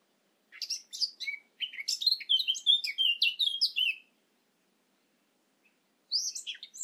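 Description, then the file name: Eurasian blackcap warbling song, a hurried jumble of scratchy and clear whistled notes for over three seconds, then another brief burst begins after a silence. "Sylvia atricapilla"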